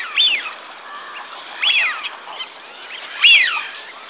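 Eurasian wigeon whistles, three loud drawn-out 'wheeoo' calls that rise then drop, about one and a half seconds apart, with faint whistles between.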